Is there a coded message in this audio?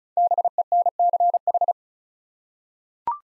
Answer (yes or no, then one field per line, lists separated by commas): yes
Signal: Morse code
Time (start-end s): 0.2-1.7 s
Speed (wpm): 36 wpm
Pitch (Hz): 700 Hz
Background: none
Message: BENCH